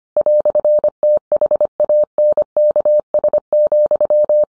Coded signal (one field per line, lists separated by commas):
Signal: Morse code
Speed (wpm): 25 wpm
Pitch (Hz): 600 Hz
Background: none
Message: "THANKS,